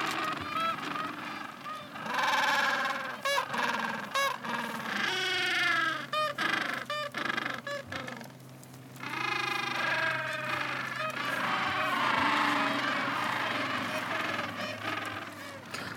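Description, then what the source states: Gentoo penguins calling: harmonic, donkey-like brays in long bouts. Recorded in Antarctica; the host thought the calls sounded like donkeys.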